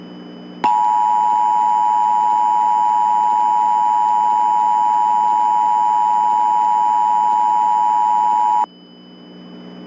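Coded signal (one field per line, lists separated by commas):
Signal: Emergency Alert System (SAME) tones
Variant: 853 and 960 Hz attention tone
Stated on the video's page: Mock EAS alert for entertainment with valid SAME headers.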